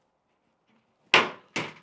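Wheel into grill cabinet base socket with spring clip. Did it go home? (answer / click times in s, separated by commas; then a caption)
yes / 1.1 s. A caster wheel is pushed by hand, with no screws, into the base socket of a Monument Grill Mesa II Series gas grill's steel cabinet, where a spring clip holds it. After near silence, a sharp, loud snap lands at 1.1 s, followed by a softer second hit at 1.6 s. The wheel is seated.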